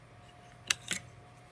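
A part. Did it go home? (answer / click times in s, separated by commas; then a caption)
yes / 0.7 s. A phone/camera quick-release mount plate is slid back onto a flexible tripod's head and locks in place with a sharp click at 0.7 s. A second, softer click follows at 0.9 s over a quiet background hum. The plate is seated and locked in the tripod head.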